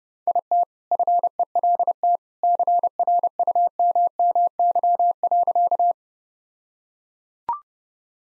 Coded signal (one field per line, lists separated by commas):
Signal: Morse code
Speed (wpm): 28 wpm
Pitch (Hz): 700 Hz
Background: none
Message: IT FELT CRUMMY.